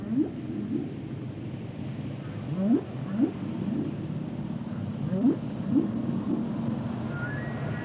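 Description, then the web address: Whale song: low rising upsweeps, mostly in pairs, over a steady rumbling background, with a higher drawn-out tone near the end. "Natures Songs Whale Songs Whales and Dolphins - whale nature sounds songs"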